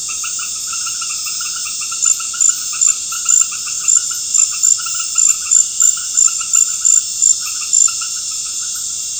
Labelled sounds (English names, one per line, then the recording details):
none
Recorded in pastures near Puerto Asís, Putumayo, Colombia, on 12 March 2025 at 19:00
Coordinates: 0.502, -76.324
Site GP07